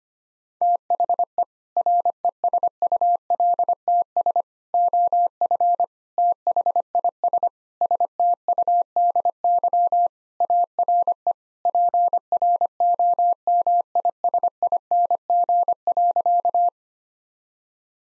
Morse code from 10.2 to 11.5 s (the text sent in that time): ARE